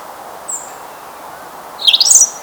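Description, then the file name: European robin song: a thin high whistled note, then a short bright warbled phrase twisting up and down near the end, over a soft steady background hiss. "Erithacus rubecula"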